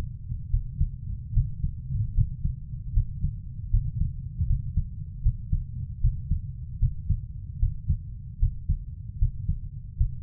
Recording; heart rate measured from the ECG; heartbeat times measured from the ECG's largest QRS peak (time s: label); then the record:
heart sounds by stethoscope; 76 bpm
0.50 s: heartbeat
1.33 s: heartbeat
2.14 s: heartbeat
2.93 s: heartbeat
3.70 s: heartbeat
4.47 s: heartbeat
5.22 s: heartbeat
6.01 s: heartbeat
6.79 s: heartbeat
7.59 s: heartbeat
8.39 s: heartbeat
9.18 s: heartbeat
9.97 s: heartbeat
From the record:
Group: healthy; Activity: Valsalva maneuver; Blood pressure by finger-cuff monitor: 124/78 mmHg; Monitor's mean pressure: 92 mmHg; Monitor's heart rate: 76 bpm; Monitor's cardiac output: 5.8 L/min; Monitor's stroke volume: 77 mL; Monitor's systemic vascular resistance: 1160 dyn s/cm5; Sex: female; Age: 24 years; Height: 163 cm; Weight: 55.7 kg